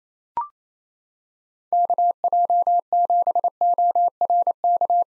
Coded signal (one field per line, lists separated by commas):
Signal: Morse code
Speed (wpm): 28 wpm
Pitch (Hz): 700 Hz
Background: none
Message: KJ7ORK